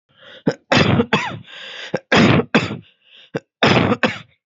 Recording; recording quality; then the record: heavy voluntary cough; excellent, no background noise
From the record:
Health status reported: exposed to COVID-19, no respiratory illness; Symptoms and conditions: none ticked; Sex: male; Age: 30 years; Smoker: not ticked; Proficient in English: yes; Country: United States